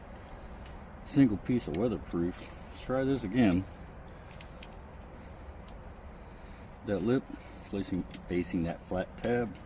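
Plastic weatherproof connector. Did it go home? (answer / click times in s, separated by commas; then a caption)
no / none. Someone talks while the plastic halves of a weatherproof winch power cable connector are handled and positioned again after a previous try, before being pushed together. Faint handling ticks come around 4.3 to 4.6 seconds. Nothing has seated or clicked yet.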